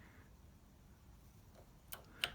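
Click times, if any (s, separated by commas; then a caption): none. An electronic ignition valve is pressed into its piezoelectric housing and turned during reassembly. Over a quiet background, two brief sharp ticks sound at about 1.9 s and 2.2 s, the second slightly louder. The valve has not clicked into place and is not seated, so the step must be redone.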